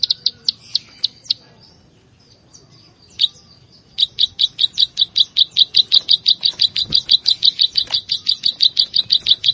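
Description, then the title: Plain Prinia: a few spaced ticks and a quiet gap, then a fast, regular series of buzzy clicking notes to the end. "Ciblek Sawah"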